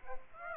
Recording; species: mosquito wingbeat signal from an infrared sensor; Aedes aegypti